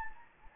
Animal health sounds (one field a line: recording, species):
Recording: mosquito wingbeat signal from an infrared sensor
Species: Anopheles gambiae